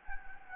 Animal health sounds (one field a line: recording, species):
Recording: mosquito wingbeat signal from an infrared sensor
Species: Anopheles gambiae